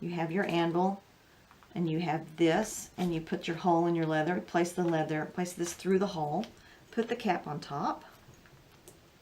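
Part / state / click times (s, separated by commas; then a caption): metal rivet cap onto rivet post through leather / not seated / none. Someone talks while a metal rivet cap is handled and pressed by hand onto a rivet post pushed through a hole in leather, with an anvil in use, before hammering. Two faint brief sounds come near the end, but the clip stops before the cap clicks into place, so nothing has seated yet.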